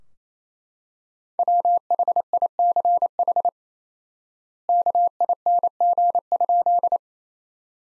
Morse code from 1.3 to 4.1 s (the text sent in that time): WHICH